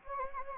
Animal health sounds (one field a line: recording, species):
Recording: mosquito wingbeat signal from an infrared sensor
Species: Anopheles gambiae